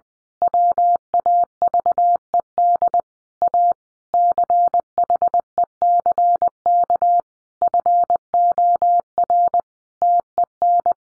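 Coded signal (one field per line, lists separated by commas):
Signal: Morse code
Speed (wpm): 20 wpm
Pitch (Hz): 700 Hz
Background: none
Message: WAVED A CHECK FOR TEN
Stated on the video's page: Morse practice sentences at 20 wpm for head-copy, each sentence sent before and after being spoken.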